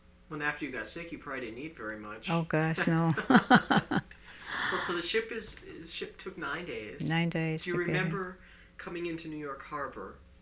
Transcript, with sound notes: And after you got sick you probably didn't eat very much.
Oh, gosh, no. ( she laughs )
So the ship is, the ship took nine days.
Nine days.
Do you remember coming into New York Harbor?